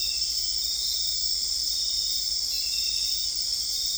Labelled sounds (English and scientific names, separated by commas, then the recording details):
none
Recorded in dense forest near Puerto Asís, Putumayo, Colombia, on 20 December 2024 at 23:00
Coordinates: 0.485, -76.318
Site GP03